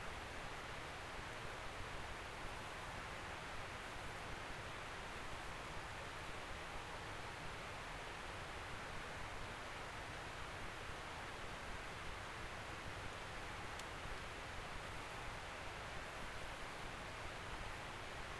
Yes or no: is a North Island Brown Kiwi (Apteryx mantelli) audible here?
no